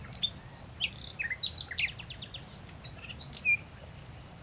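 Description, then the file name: Common nightingale song: a quick series of varied high chirps, short whistles and brief rapid trills jumbled together, with faint low background noise. "Luscinia megarhynchos"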